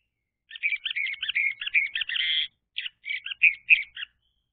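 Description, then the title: Orange-headed thrush song, a fast jumble of high chirps and warbled notes lasting about two seconds, then a short pause and several separate sharp notes. Played as a lure to prompt a silent bird to sing. "Anis Merah Macet.. Pancing Dengan Suara Ini.. # Anis Merah"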